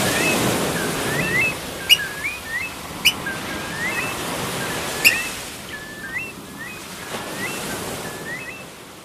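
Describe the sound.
Curlew giving a series of short rising whistles at an irregular pace, with a few sharp clicks and steady rushing noise behind.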